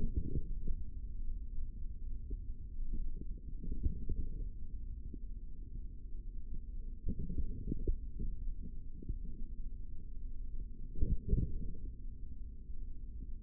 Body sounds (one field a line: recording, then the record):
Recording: forearm muscle sounds (acoustic myography)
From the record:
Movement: tripod grip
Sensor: system 3, bracelet of six PUI Audio POM-2738L microphones around the upper forearm, with dedicated amplification and filtering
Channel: 6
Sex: male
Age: 25 years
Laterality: right